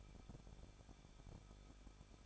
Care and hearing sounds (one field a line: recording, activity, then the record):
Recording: daily activity, microphone in the room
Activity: no activity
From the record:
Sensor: 5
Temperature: 20.9 degrees Celsius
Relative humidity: 38.2%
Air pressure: 1006.4 hPa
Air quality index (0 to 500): 188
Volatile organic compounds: 18 ppm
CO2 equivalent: 2638 ppm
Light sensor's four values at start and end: 2/3/1/1 and 2/3/1/1